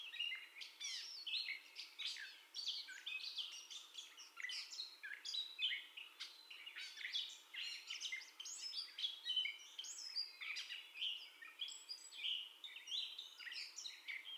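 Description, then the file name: Gray catbird song, a long rambling run of squeaky, scratchy and mewing notes packed closely together, jumping between high and low pitches with barely a pause. First song, recorded 30 May 2021. "2021-05-30 Catbird First Song"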